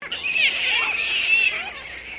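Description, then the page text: Black flying foxes give harsh, overlapping screeches and squawks, a dense chattering chorus that runs unbroken for about two seconds. Group of flying foxes calling together in Noosa, Queensland. "Animal Black Flying Fox Group Call. Flying foxes (bats) in Noosa Queensland"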